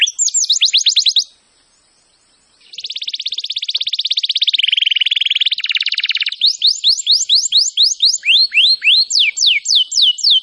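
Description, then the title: Canary song: a short whistled trill, a brief pause, then a long rattling buzzy roll followed by repeated sharp down-slurred whistled notes. "Kenari Gacor"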